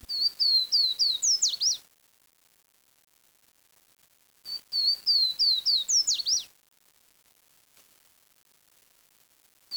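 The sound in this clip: Bird calling in two bursts of high, clear whistled notes, each about two seconds long, separated by a silence.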